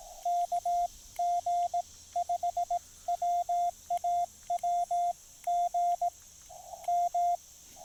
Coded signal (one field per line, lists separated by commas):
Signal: Morse code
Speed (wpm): 17 wpm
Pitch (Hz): 700 Hz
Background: radio noise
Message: KG5WAW GM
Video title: POTA Field Report: QRP (and DX) fun with the Discovery TX-500 & MFJ-1984LP EFHW